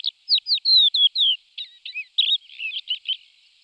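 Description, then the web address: Crested lark singing a rapid run of clear, slurred whistles and short trills, varied notes tumbling one after another. "All the bird songs of Britain and Europe - Jean-Claude Roche. Galerida cristata"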